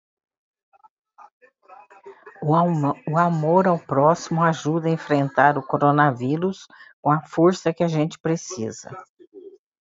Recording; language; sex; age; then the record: spoken sentence; Brazilian Portuguese; female; 70 to 79 years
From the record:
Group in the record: control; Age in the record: 74 years